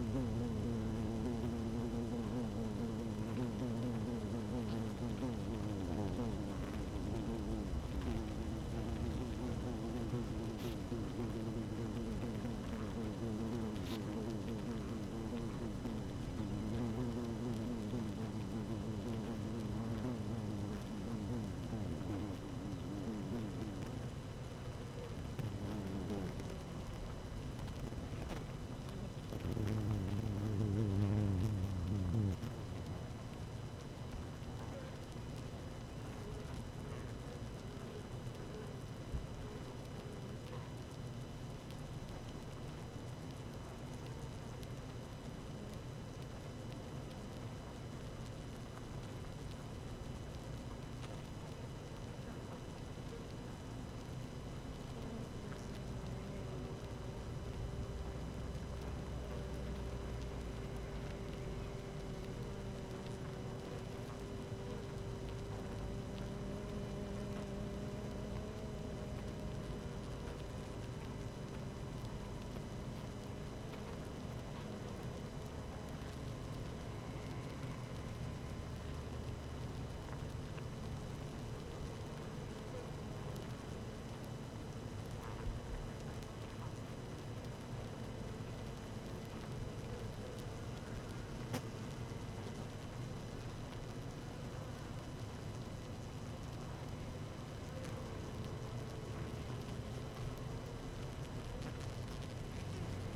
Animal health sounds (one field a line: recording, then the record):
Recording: honeybee colony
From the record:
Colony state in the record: active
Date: 12 June 2018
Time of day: 17:43